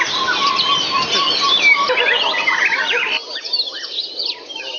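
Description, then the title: White-rumped shama giving a quick run of mixed chirps and whistles that cuts off abruptly, followed by a few softer, sparser notes. "murai batu"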